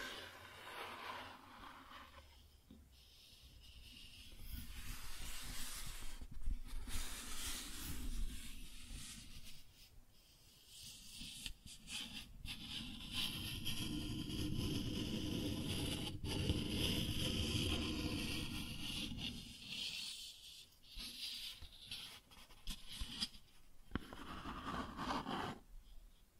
Cardboard Scratching, Tracing, Tearing